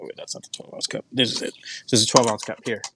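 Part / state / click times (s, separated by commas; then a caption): plastic cup into printed cup holder / not seated / none. A 12 oz plastic cup is being handled near a printed plastic cup holder for a reptile enclosure while someone talks throughout. Nothing has seated or clicked yet; the cup has not snapped into the holder.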